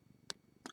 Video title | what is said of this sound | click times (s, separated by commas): Mama's best braclet jewelry friend,"MEMORY WIRE" | twist until I hear it snap into place. | 0.3 s